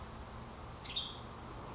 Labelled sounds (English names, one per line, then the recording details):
Western Tanager
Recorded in Sonoma County, California